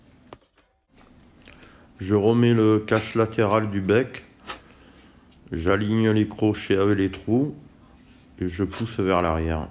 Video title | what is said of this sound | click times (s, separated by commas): Changer les ampoules de code, phare, veilleuse et régler suzuki 650 vstrom, Subtitles all language | snap it on and it snaps into place place | 0.3 s